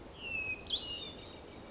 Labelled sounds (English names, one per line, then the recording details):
Hermit Thrush
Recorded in Sonoma County, California